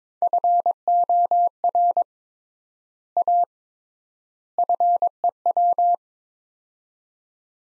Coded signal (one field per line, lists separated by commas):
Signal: Morse code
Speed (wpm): 22 wpm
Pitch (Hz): 700 Hz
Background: none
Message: FOR A FEW